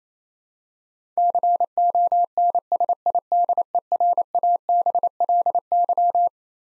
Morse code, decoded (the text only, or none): CONSIDERABLY